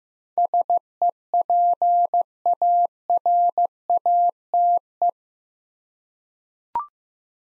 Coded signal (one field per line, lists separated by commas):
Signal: Morse code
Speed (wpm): 15 wpm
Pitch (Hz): 700 Hz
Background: none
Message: SEPARATE